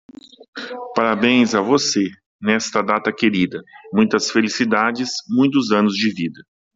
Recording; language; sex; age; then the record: short text; Brazilian Portuguese; male; 40 to 49 years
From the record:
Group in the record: control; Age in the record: 48 years